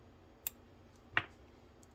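Unseated plastic truck parts of a Kato GP35 model locomotive are pressed back into their truck frame because they are not seated. Two sharp clicks are heard at 0.5 s and 1.2 s, the second one louder, with a faint tick near 1.8 s. The parts snap home and are seated.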